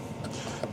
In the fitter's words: and it locks into place and I already have the housing to go down there